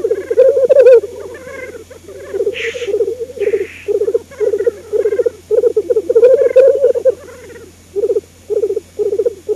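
Black grouse giving continuous low bubbling coos in pulsed phrases, broken by two brief breathy hisses.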